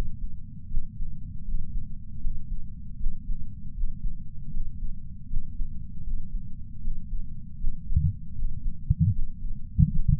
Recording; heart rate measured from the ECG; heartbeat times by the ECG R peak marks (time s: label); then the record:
heart sounds by patch sensor on the chest; 78 bpm
0.68 s: heartbeat
1.45 s: heartbeat
2.21 s: heartbeat
2.98 s: heartbeat
3.74 s: heartbeat
4.51 s: heartbeat
5.28 s: heartbeat
6.04 s: heartbeat
6.81 s: heartbeat
7.58 s: heartbeat
8.35 s: heartbeat
9.13 s: heartbeat
9.90 s: heartbeat
From the record:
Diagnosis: coronary artery disease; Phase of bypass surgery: preoperative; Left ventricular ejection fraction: 66.3%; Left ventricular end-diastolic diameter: 44 mm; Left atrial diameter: 34 mm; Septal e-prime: 5.3 cm/s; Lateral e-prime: 9.3 cm/s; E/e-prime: 13.2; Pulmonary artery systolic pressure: 31 mmHg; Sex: male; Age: 76 years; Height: 164 cm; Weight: 75 kg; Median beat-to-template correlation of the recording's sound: 0.83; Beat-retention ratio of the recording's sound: 0.97